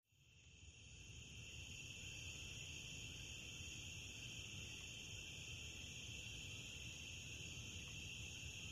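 Cricket: continuous shrill trilling that fades in at the start and then holds steady, over a low background rumble.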